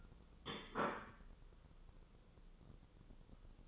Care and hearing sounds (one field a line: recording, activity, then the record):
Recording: daily activity, microphone in the room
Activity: place plate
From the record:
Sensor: 4